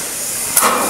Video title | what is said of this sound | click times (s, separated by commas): Stramit Bridging - Part 3: Installing Down The Slope | Again you should here it click. The bridging is now locked in place and secure. | 0.6 s